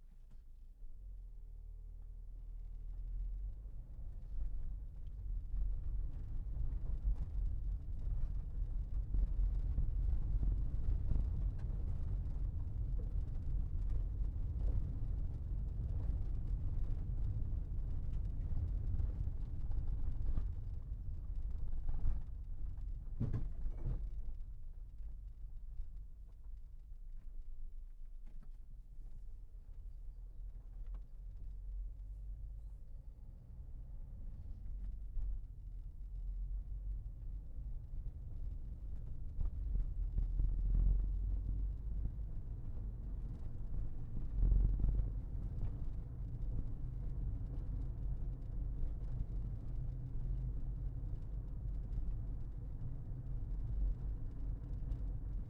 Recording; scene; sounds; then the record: everyday scene through a hearing-aid microphone; in a vehicle; engine, rumble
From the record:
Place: Berlingo II, diesel engine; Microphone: behind the ear, left, front